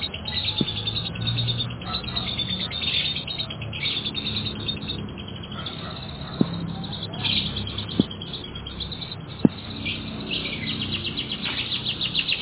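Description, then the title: Canary twittering faintly through heavy background noise, with a few sharp taps. "kenarijos"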